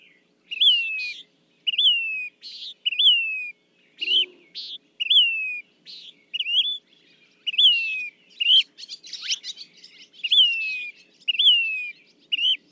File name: Say's Phoebe